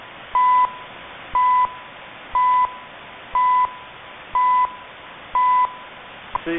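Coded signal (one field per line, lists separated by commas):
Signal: radio time signal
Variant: CHU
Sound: six short steady 1 kHz beeps, one each second, over static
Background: radio static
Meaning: Each tone marks one second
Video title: Canadian CHU HF time signal at 7850 kHz in AM mode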